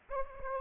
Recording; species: mosquito wingbeat signal from an infrared sensor; Aedes aegypti